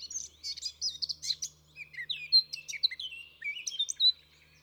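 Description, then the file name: Eurasian blackcap song, a rapid varied warble of sweet whistled notes, with a faint low hum beneath. "Sylvia atricapilla"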